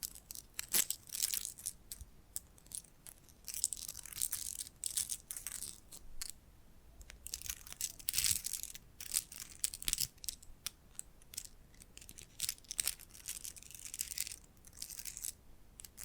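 Scratching and brushing sounds come in quick, uneven bursts of bright, hissy strokes, some soft and some sharper. They start and stop irregularly throughout, with brief quiet gaps, especially around six to seven seconds. No talking is heard.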